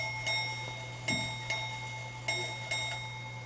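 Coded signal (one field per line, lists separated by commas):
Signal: ship's bell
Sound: clock bell struck five times, mostly in pairs, ringing tones between strikes over low hum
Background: low electrical hum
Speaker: you can stop to let it ring at each half hour so it can go through its motions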